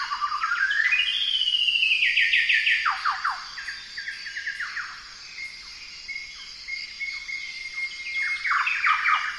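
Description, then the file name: Golden whistler song: a rising whistle swelling into a rapid string of notes and down-swept cracks, followed by quieter level phrases, against a steady high-pitched insect hum. "Golden whistler bird singing"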